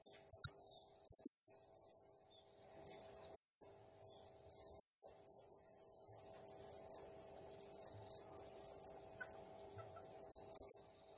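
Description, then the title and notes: Blue-crowned hanging parrot uttering a few very high, sharp buzzy chirps in scattered bursts separated by long silences. Serindit in full, energetic song (gacor, 'nembak' style), used as a masteran training sound and lure for other birds. "Burung Serindit Nembak Gacor Bikin Emosi Semua Burung. Suara Nasteran Dan Pemikat Burung Serinditan Gacor"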